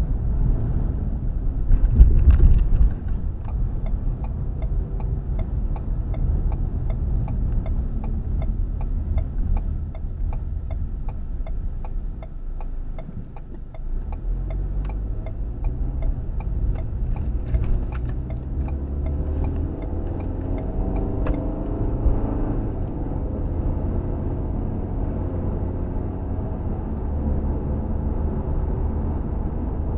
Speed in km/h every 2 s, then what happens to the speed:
35, 34, 35, 31, 21, 6, 5, 16, 23, 31, 40, 48, 56, 61, 66.
4-12 brakes to 5. 12-30 speeds up to 66.